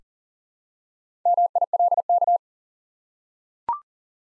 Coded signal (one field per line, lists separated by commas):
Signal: Morse code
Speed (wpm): 39 wpm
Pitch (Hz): 700 Hz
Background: none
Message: MILK